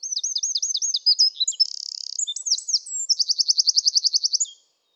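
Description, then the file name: Eurasian wren song, loud and rapid: repeated high chirps, a short buzzing rattle, then a long steady trill of quick notes before the sound stops. "Troglodytes troglodytes"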